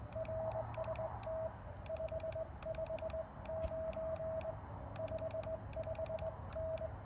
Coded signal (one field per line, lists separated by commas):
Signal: Morse code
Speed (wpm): 21 wpm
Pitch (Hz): 640 Hz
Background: radio noise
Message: RST 559 55N